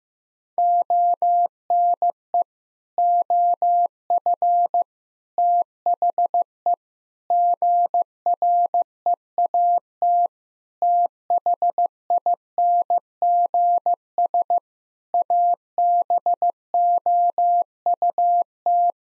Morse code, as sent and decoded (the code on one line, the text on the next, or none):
--- -. . / --- ..-. / - .... . / --. .-. . .- - / - .... .. -. --. ... / .- -... --- ..- -
ONE OF THE GREAT THINGS ABOUT